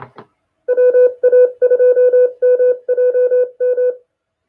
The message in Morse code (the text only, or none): WA2MJM